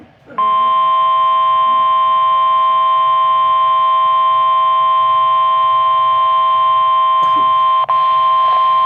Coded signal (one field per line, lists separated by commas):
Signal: Emergency Alert System (SAME) tones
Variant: 1050 Hz attention tone